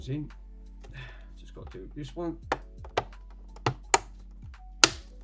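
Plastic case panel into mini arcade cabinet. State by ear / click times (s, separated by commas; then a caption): seated / 3.9 s, 4.8 s. Someone talks while pressing the last panel of a mini arcade cabinet's plastic case back into its clips. Several sharp plastic clicks sound, with the loudest snaps at 3.9 s and 4.8 s as the panel seats fully in place.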